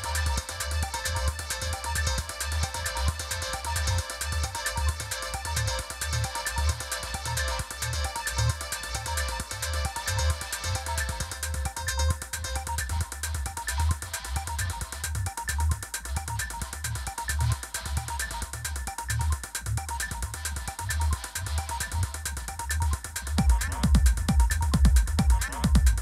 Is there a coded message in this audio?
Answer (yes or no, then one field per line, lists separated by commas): no